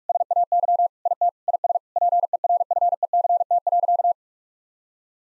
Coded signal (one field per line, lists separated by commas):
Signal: Morse code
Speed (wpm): 46 wpm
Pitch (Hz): 700 Hz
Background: none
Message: SAY IT IS PERFECT.